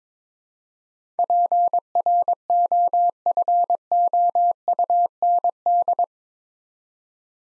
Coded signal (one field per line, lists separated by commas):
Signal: Morse code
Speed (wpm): 22 wpm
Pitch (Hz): 700 Hz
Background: none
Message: PROFOUND